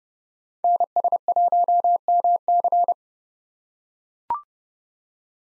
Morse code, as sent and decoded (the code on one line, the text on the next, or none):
-. ... .---- -- -.-.
NS1MC